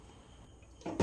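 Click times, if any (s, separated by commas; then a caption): none. An air fryer basket is handled as it is pressed toward its outer tray, with its button pushed back. A quiet stretch gives way to handling noise rising from about 0.8 s and a louder scrape near 1.0 s. Nothing has seated or clicked yet.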